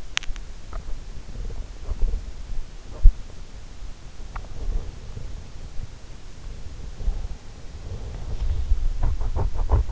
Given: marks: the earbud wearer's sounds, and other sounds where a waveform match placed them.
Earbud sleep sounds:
sounds in sleep by an in-ear microphone; swallowing
0.00-0.56 s: swallowing

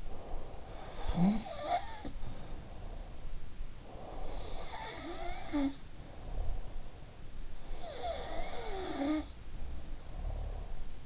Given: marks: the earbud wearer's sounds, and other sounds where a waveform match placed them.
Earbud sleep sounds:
sounds in sleep by an in-ear microphone; breath
0.00-0.67 s: breath
0.68-2.85 s: sound from someone else or the room
3.88-6.64 s: sound from someone else or the room
7.58-11.03 s: sound from someone else or the room
10.00-11.02 s: breath

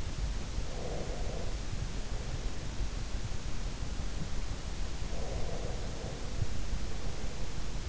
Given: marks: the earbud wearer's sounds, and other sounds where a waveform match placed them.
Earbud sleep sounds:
sounds in sleep by an in-ear microphone; breath
0.78-2.44 s: breath
5.17-7.35 s: breath

